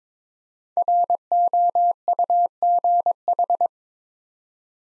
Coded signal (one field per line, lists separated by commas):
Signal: Morse code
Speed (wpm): 22 wpm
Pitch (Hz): 700 Hz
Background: none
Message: ROUGH